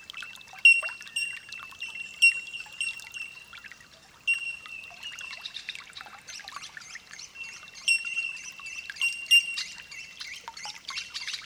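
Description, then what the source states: Bellbird calls: a dense chorus of high, pure chiming notes, with occasional sharp louder pings over a constant ringing background. Holophonic (olofonia) recording.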